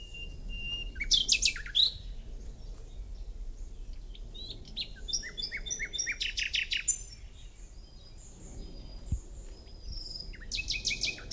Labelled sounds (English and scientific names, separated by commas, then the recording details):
Common Nightingale (Luscinia megarhynchos) song
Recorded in the wild
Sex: male
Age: adult
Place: Lübars, Berlin, DE
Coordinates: 52.6172, 13.3619
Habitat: wood
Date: 2007-05-04 13:45
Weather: sunny, 23°C
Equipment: Sony WM-D6C, Sennheiser ME 80, Kopie Uher 4000 Report Monitor
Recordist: Tembrock, Günter
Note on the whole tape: Männchen: Gesang (gleiches Exemplar am 28.4., 4.5., 6.5., 20.5, 28.5. und Tier 1 am 29.5.2007). Im kleinen Wäldchen nahe der Siedlung - in der Nähe des Grundstücks